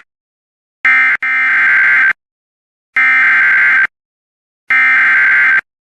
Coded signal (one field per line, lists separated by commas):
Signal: Emergency Alert System (SAME) tones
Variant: header bursts